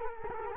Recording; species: mosquito wingbeat signal from an infrared sensor; Culex quinquefasciatus